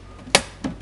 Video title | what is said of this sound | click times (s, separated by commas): *New* Mortgage Lifter Hydro System Part 1 | we press it right on it's just a pressure fet and it snaps right in | 0.4 s